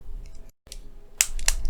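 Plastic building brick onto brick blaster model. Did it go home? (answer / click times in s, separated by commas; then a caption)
yes / 1.2 s, 1.5 s. A plastic building brick piece is snapped onto a plastic brick blaster model, giving sharp clicks at 1.2 s and 1.5 s as the piece seats in place. Fainter ticks come before them, and a brief silence falls around 0.6 s.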